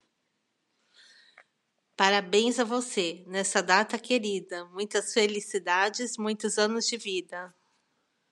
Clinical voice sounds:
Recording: short text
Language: Brazilian Portuguese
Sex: female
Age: 30 to 39 years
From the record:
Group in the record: control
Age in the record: 39 years

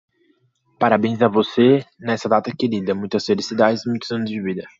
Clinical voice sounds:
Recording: short text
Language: Brazilian Portuguese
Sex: male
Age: 20 to 29 years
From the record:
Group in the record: control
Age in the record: 22 years

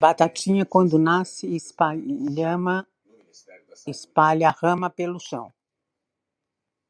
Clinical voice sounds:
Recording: short text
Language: Brazilian Portuguese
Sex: female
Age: 70 to 79 years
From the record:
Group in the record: control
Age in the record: 70 years

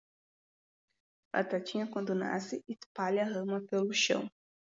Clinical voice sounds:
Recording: short text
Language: Brazilian Portuguese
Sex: female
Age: 20 to 29 years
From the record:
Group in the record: control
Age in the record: 21 years

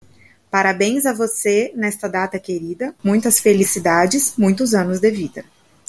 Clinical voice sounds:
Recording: short text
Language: Brazilian Portuguese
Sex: female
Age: 30 to 39 years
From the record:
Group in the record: control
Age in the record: 30 years

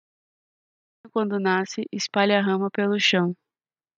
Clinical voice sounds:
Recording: short text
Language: Brazilian Portuguese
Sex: female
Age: 18 to 19 years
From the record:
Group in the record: control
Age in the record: 18 years

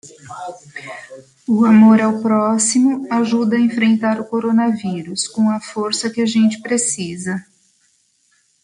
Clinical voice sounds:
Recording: spoken sentence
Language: Brazilian Portuguese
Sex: female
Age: 50 to 59 years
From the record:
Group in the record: control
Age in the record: 59 years

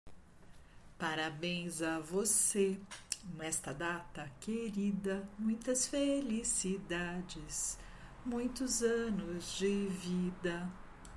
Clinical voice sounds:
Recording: short text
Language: Brazilian Portuguese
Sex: female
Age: 50 to 59 years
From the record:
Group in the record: control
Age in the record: 55 years

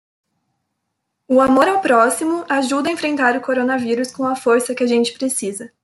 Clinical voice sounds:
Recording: spoken sentence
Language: Brazilian Portuguese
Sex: female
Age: 20 to 29 years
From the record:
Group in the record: control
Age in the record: 22 years

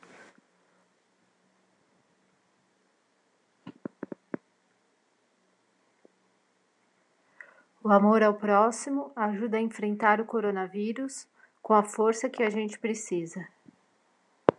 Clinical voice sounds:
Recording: spoken sentence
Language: Brazilian Portuguese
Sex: female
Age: 50 to 59 years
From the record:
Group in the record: control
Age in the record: 53 years

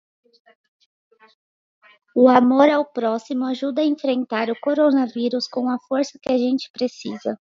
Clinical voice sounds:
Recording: spoken sentence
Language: Brazilian Portuguese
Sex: female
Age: 30 to 39 years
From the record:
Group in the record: control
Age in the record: 30 years

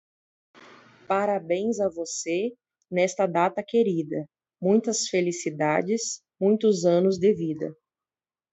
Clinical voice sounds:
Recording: short text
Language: Brazilian Portuguese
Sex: female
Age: 30 to 39 years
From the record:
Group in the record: control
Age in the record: 35 years

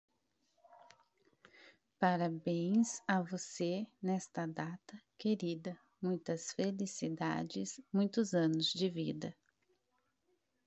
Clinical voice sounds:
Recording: short text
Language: Brazilian Portuguese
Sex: female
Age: 30 to 39 years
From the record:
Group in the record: control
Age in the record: 34 years

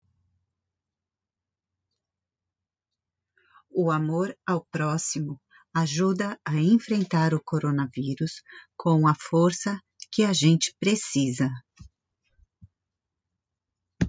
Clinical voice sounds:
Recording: spoken sentence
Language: Brazilian Portuguese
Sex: female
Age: 50 to 59 years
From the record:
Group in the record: control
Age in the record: 52 years

